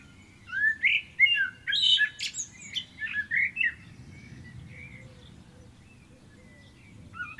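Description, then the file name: Common blackbird giving one rich, fluty warbled phrase mixed with thin, scratchy high notes. "Turdus merula"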